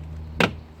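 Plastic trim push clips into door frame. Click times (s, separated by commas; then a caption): 0.4 s. Plastic push clips along the bottom edge of a G35's plastic door trim panel are pressed into the door frame while reinstalling the panel after a window motor limit switch fix. Over a steady low hum, a single sharp snap is heard at 0.4 s, and the panel's bottom clips are seated.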